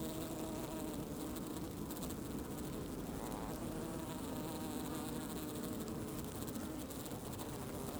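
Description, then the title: Honey bees buzzing in a swarm, a thick constant drone of many wings. Swarm forming on tree heath, late afternoon, 20 February 2017, Plaine des Maures, Var, France; soft humming; microphones placed near the bees; recorded on Nagra Seven with MKH8040. "Essaim d'abeilles"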